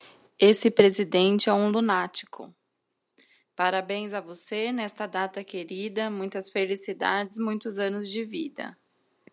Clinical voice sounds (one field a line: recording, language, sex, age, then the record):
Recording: short text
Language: Brazilian Portuguese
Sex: female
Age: 30 to 39 years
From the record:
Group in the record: control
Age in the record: 36 years